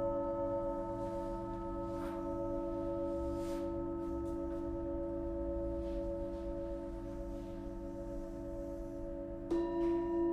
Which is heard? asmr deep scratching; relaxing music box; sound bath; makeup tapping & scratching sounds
sound bath